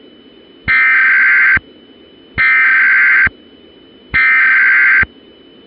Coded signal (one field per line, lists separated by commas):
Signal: Emergency Alert System (SAME) tones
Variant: header bursts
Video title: [EAS SCENARIO / ANALOG HORROR] - THE WATCHER'S OUTBREAK